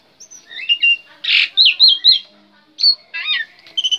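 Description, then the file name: Black-winged myna song: slurred whistled notes, one rough grating burst, and short pauses between phrases. Indonesian name jalak putih; bird described as gacor, singing constantly. "suara jalak putih gacor"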